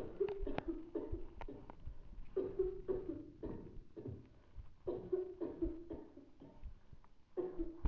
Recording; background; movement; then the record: deep breathing; a bystander coughing; sitting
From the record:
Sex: male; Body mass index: 20.5 kg/m2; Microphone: on the chest, facing the body